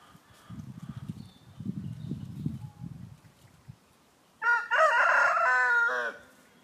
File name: chicken